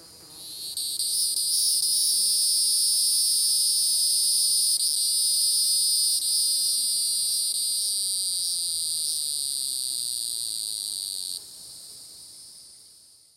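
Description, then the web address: Hieroglyphic cicada song, a steady high electric buzz held for about ten seconds before dropping away sharply and fading out. "The Songs of Insects. Hieroglyphic Cicada"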